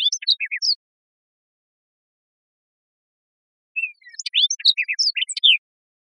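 Hooded oriole giving short bursts of rapid, scratchy chatter mixed with sliding whistles, one brief phrase at the start and a longer run near the end, with silence between.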